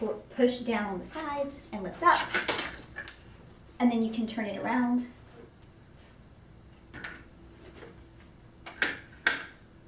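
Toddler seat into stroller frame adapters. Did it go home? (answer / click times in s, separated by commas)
yes / 9.3 s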